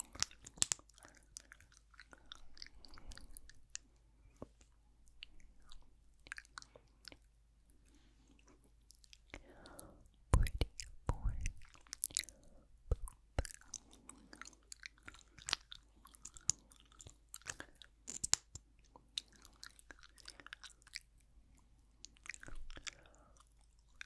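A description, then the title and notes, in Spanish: Intense lip and lip gloss sounds: sticky smacks, wet clicks and soft taps come densely, with a louder cluster near ten seconds. Lipgloss and Counting Numbers. Intensos sonidos de Lipgloss y labios.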